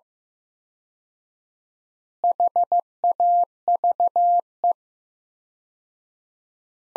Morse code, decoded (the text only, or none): HAVE